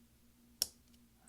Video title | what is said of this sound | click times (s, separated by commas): F7 key replacement 13" Macbook Pro 2.4 Ghz 1278 mid-2010 MC374 AC07 | Now you're going to use your finger and press on both sides to clip it into place. | 0.6 s